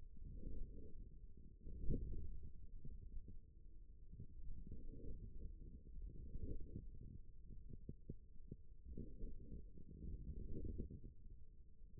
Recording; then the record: forearm muscle sounds (acoustic myography)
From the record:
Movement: forearm supination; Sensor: system 1, eight BSWA MPA416 microphones around the upper forearm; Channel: 7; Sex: male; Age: 41 years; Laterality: right